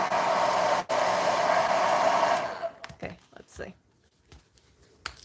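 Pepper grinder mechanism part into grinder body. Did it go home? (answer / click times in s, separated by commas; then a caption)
partly / 5.1 s. A part of a broken pepper grinder mechanism is worked back into the grinder body. A steady loud whooshing noise fills the first 2.4 seconds with a brief dropout near 0.9 s, then soft handling clicks follow. A small snap comes at 5.1 s, but the part is only partly seated and not fully back in place.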